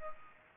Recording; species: mosquito wingbeat signal from an infrared sensor; Aedes aegypti